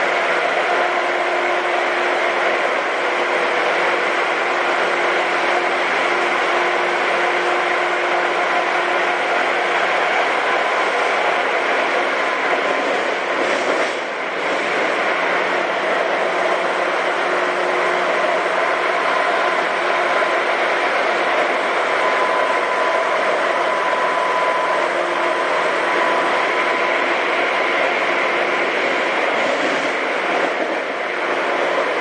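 A Tobu 9000 series train running between Kotake-mukaihara and Hiyoshi, its motors loud and harsh. A dense, steady rumbling roar fills the whole ride, with thin whining tones drifting in and out, a higher whine around 22–27 seconds, and a brief dip near 14 seconds.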